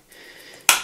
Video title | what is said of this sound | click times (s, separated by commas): Rénovation complète de la plomberie : Partie 3/3 (amateur) | se clipse le comme ça c'est | 0.7 s